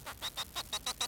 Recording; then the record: song of a male Bengalese finch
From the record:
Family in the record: son of father 4